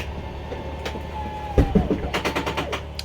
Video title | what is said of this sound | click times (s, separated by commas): Sunseeker Instructional video | you hear that clicking noise that's the clutch saying that it's all the way in | 0.9 s, 1.6 s, 3.0 s